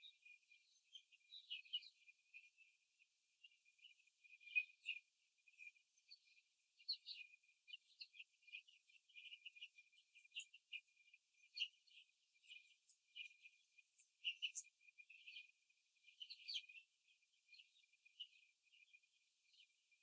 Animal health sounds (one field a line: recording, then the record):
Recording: young laying hens in a cage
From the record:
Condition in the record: before the stressor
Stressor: simulated dog barking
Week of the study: 3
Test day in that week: 2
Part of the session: 2